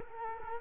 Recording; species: mosquito wingbeat signal from an infrared sensor; Culex quinquefasciatus